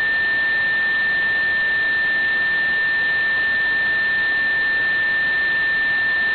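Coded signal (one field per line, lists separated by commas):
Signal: JT65, JT9 or WSPR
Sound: a single steady, pure whistle-like tone held for the whole clip over hiss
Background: radio static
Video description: Currently VK4ADC's transmissions consist of one WSPR cycle, an odd and even FT8 ID and a CW ID sequentially. My receiver was slightly off frequency during this recording so I was unable to decode the WSPR.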